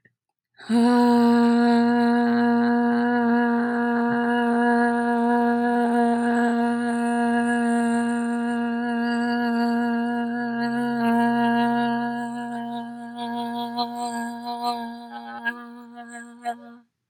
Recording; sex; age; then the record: vowel held as long as possible; female; 20 to 29 years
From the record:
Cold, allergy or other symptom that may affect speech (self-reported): no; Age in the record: 21 years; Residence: Wisconsin, United States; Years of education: 15